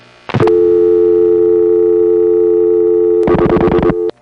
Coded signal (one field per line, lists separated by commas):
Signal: telephone call progress tone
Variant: North America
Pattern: dial tone